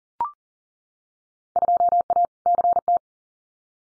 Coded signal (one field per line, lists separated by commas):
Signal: Morse code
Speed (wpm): 41 wpm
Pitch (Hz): 700 Hz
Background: none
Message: 2A CT